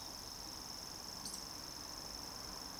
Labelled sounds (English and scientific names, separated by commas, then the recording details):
Eurasian Woodcock (Scolopax rusticola) whistle
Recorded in Baden-Württemberg, Germany, on 30 June 2020 at 19:55 UTC
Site 46046, 702 m above sea level